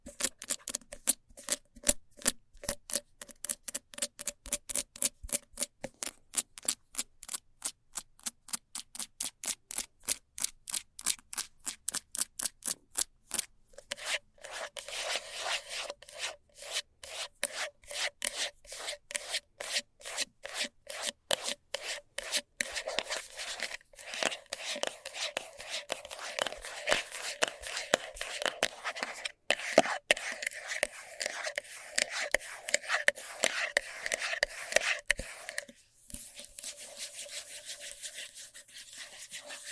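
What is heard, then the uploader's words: Fast scratching in quick, regular strokes, sparse and evenly spaced at first, then denser and rougher after about fourteen seconds, briefly easing near thirty-six. ASMR Fast Scratching for Extreme Tingles（No Talking）.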